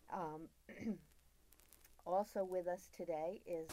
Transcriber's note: clears throat